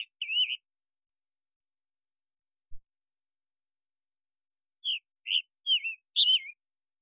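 Scarlet tanager song, raspy burry phrases in two short bouts with a pause between, a faint low thump in the gap.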